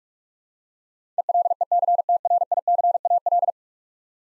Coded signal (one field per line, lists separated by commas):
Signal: Morse code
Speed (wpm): 42 wpm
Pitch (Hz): 700 Hz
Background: none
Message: ELECTRICAL